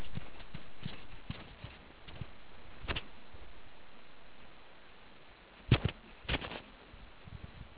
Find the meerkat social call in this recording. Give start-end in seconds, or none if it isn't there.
none